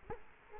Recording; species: mosquito wingbeat signal from an infrared sensor; Culex quinquefasciatus